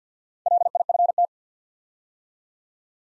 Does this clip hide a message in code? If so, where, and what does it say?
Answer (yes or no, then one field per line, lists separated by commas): yes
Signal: Morse code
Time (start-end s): 0.5-1.2 s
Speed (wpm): 48 wpm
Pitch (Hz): 700 Hz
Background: none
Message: LIFT